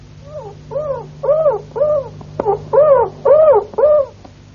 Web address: canarios cantoharz